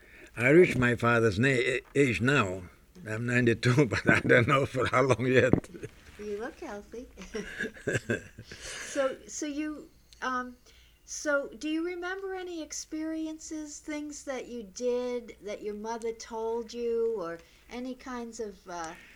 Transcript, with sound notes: I am my father's age now. I'm ninety-two, but I don't know for how long he had. ( he laughs )
You look healthy. So you, um, so do you remember any experiences, things that you did that your mother told you, or any kinds of, uh...